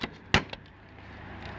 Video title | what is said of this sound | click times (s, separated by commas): how to remove a bmw e63 grill | then the top ones will click in there also | 0.3 s